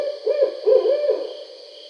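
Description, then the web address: Barred owl hooting, a few deep hoots in quick succession, with a faint steady hiss behind. Recorded on 20 July 2012. "Barred Owl 2012 07 20"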